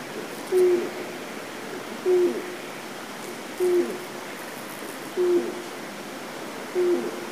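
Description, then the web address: Japanese night heron giving deep, hollow hoots, five evenly spaced notes about every one and a half seconds. "izumino saunndo mizogoi"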